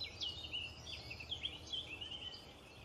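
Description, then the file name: White-headed buffalo weaver song: a quick series of shrill, squeaky chirps and slurred notes, rising and falling rapidly, with a faint low background hum. "canto do tecelao de cabeca branca"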